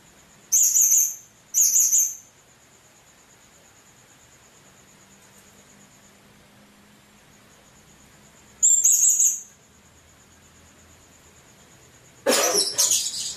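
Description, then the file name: Hanging parrot calls: two short, very high squeaky bursts, a long gap, then another, with a steady thin whine behind, then a sudden harsh noise near the end. "serindit"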